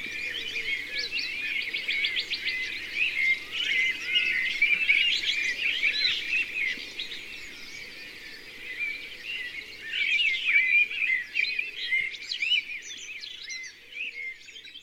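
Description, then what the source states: Bird song chorus: many birds sing at once, with overlapping high twitters, trills and whistled phrases continuing throughout, over a soft steady background hiss. Birds singing in mixed forest.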